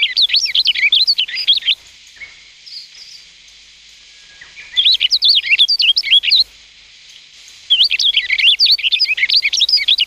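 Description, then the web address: Rustic bunting song: bursts of fast, sweet warbled notes with rapid up-and-down pitch sweeps, three phrases separated by pauses of one to three seconds. "sikioto. kashiradaka"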